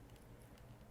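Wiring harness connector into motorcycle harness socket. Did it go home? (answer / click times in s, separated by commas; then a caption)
no / none. A wiring harness connector is handled and pushed toward its mating socket in the harness of a Harley-Davidson Street Glide 107 motorcycle, with soft patter and light handling noise throughout. Nothing has seated or clicked yet.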